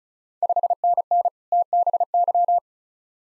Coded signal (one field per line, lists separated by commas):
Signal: Morse code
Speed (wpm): 36 wpm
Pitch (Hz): 700 Hz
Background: none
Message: 5NN TBY